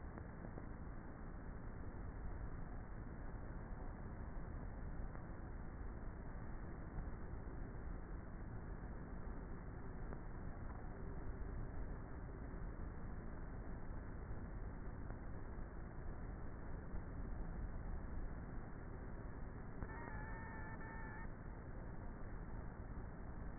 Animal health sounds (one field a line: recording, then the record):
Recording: honeybee colony, microphone inside the hive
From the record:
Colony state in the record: queenless with a low population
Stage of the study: before two queens were removed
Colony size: about 30,000 bees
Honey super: no